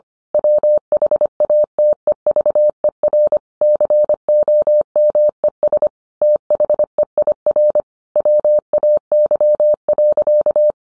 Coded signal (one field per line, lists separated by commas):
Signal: Morse code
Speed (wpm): 25 wpm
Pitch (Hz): 600 Hz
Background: none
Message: WHATEVER COMES THEIR WAY.